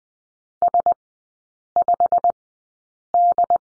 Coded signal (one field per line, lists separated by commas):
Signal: Morse code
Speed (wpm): 20 wpm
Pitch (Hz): 700 Hz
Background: none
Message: S5D